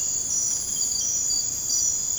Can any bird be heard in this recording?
no